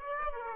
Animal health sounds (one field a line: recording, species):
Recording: mosquito wingbeat signal from an infrared sensor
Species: Aedes aegypti